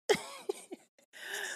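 One sharp cough, then throaty voiced sounds and a breathy exhale from an adult woman recovering from breathing trouble after an asthma attack set off by strong cleaning-chemical fumes, treated with an inhaler.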